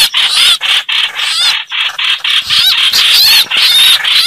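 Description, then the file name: Red-whiskered bulbul giving harsh, grating distress calls in quick succession, interspersed with bright, wavering whistled squeaks. Calling for help, a distress call. "Tieng trao trao keu cuu"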